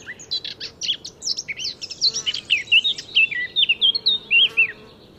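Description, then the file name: Eurasian blackcap song: a rushed twittering start, then a steady series of loud, pure whistles, each sliding up or down, before it ends. "Sylvia atricapilla"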